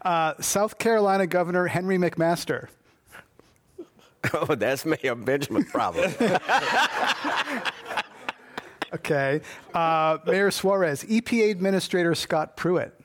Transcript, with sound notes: South Carolina Governor Henry McMaster.
Oh, that’s Mayor Benjamin’s problem.
[Laughter]
Okay. Mayor Suarez. EPA administrator Scott Pruitt.